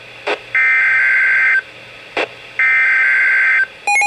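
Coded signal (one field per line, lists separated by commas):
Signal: Emergency Alert System (SAME) tones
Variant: header bursts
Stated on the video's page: Hurricane and Tropical Storm Warnings issued by a National Weather Service office, received as a double header via NOAA Weather Radio transmitter.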